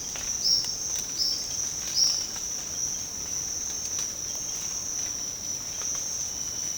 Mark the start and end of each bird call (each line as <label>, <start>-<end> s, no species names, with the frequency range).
bird call (4.3-6.3 kHz), 0.38-2.18 s